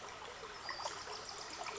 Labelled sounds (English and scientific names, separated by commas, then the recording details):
Western Flycatcher (Empidonax difficilis)
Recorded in Sonoma County, California